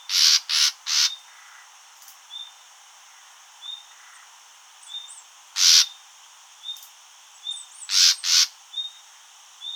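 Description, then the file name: Common nightingale uttering loud, raspy bursts, some in quick pairs, with soft thin whistled notes repeated in between. "Luscinia megarhynchos"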